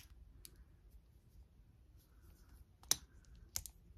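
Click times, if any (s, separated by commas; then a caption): 2.9 s. An Apple Watch is pressed by hand into a rubber-style T-Engine protective watch band case near the release button. Faint ticks are followed by a sharp, strong snap at 2.9 s, and a quieter follow-up click comes at 3.6 s. The watch snaps into the case, which protects its screen from bumps or falls.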